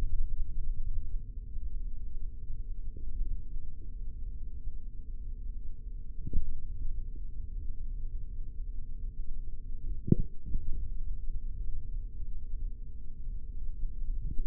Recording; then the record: forearm muscle sounds (acoustic myography)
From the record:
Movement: finger pinch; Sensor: system 3, bracelet of six PUI Audio POM-2738L microphones around the upper forearm, with dedicated amplification and filtering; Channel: 3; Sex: male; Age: 43 years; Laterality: right